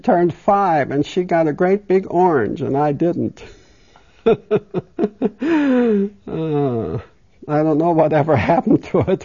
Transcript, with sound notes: She turned five, and she got a great big orange, and I didn't. (She laughs.) I don't know whatever happened to it.